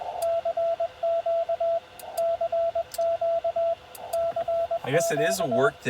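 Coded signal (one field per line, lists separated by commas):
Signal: Morse code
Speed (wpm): 20 wpm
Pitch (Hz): 670 Hz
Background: speech, radio noise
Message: CQ CQ CQ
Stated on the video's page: CW Parks On The Air activation in Utah.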